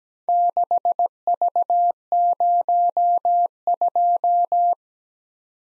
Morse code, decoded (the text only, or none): 6V02